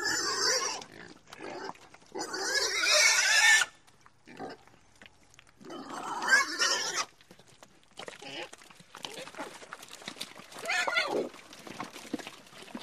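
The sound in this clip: Pig squealing in several loud, harsh, noisy bursts of varying length, with quieter noisy sounds between.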